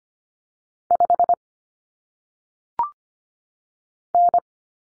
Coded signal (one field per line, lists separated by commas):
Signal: Morse code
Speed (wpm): 25 wpm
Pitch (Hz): 700 Hz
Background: none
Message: 5 N